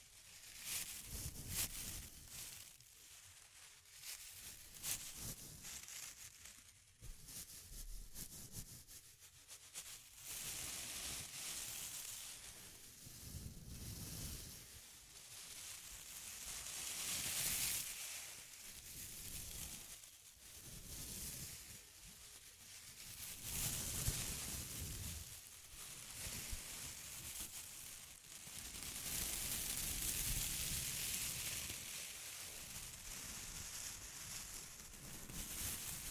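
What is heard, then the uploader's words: Intense close-up crinkling runs for the whole clip, a dense, busy crackle of rapid irregular rustles with no real pauses. It swells in brighter, louder bursts around 17, 24 and 29–32 seconds, over a soft low rumble underneath. ASMR Intense Close-Up Crinkles (No Talking).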